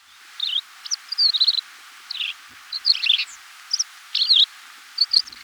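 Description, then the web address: Paramo Pipit song: high chirped and twittered phrases given in short bursts with brief pauses between them. Recorded in Ecuador. "Natures Songs S America Birds of Ecuador. Paramo Pipit"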